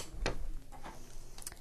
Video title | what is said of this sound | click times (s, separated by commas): How to Adjust The Walkin' Wheels Small Dog Wheelchair | you can hear them snap in | 0.3 s, 1.5 s